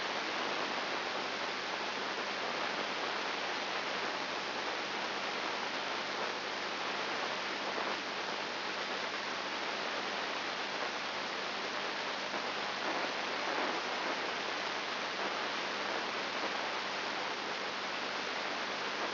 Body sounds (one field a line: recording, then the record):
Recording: brain microelectrode recording played as sound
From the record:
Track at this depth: inside the subthalamic nucleus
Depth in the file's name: 3.701 mm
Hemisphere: left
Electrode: 2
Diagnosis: Parkinson's disease